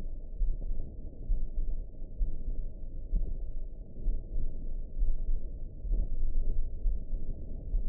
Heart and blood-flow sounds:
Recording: heart sounds by optical stethoscope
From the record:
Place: mitral valve (MV)

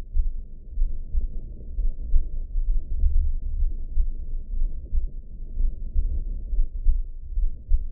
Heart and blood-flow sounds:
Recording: heart sounds by optical stethoscope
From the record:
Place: pulmonary valve (PV)

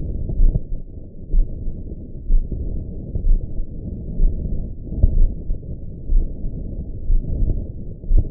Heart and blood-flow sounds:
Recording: heart sounds by optical stethoscope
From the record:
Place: mitral valve (MV)

